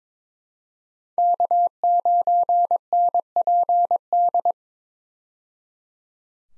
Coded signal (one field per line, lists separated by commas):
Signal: Morse code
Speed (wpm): 22 wpm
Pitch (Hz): 700 Hz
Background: none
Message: K9NPD